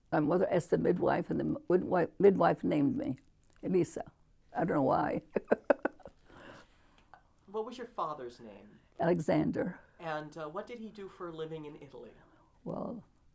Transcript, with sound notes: My mother asked the midwife, and the midwife named me. Elisa. I don't know why. ( she laughs )
What was your father's name?
Alexander.
And what did he do for a living in Italy?
Well,